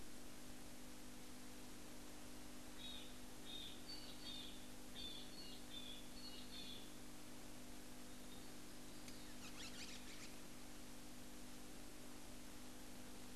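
Pale-headed rosella calls: a run of short high piping notes in quick groups over about four seconds, then a brief scratchy burst, against constant low hum.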